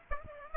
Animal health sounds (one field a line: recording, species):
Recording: mosquito wingbeat signal from an infrared sensor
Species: Aedes aegypti